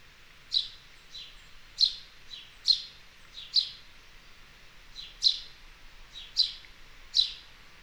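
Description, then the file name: House sparrow chirping, single bright chirps repeated irregularly, some louder and some softer, over a quiet background. "Passer domesticus"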